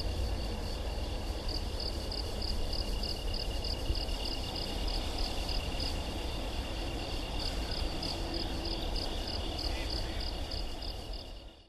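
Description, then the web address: Japanese burrowing cricket chirping, a high thin pulse repeated steadily several times a second throughout, over a constant low rumble. "insect tuzuresase"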